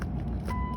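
The leather shift boot trim on an Infiniti Q50, Q50L, Q60 or QX50 is pressed back into the center console, and its clip gives a short, sharp click at 0.0 s over a steady low rumble. A faint high tone starts around 0.5 s and holds to the end. The trim snaps back in and is seated.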